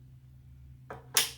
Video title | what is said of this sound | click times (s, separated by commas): 👀The Jimmie Power Wheelchair Review Video | Now locked into place. | 1.2 s